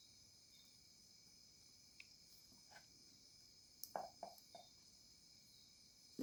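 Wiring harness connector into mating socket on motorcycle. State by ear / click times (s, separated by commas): seated / 3.8 s, 4.0 s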